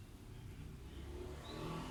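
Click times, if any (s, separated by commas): none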